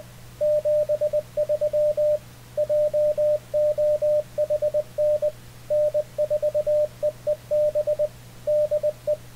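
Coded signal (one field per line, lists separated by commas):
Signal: Morse code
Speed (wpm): 20 wpm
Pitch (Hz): 600 Hz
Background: radio noise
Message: 73 JOHN N4EEB DE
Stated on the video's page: CW sent and received with an Icom IC-7300 via Ham Radio Deluxe; the other station sent at 20 wpm and the 7300 was set to 20 wpm.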